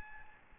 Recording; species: mosquito wingbeat signal from an infrared sensor; Aedes albopictus